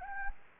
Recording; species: mosquito wingbeat signal from an infrared sensor; Anopheles gambiae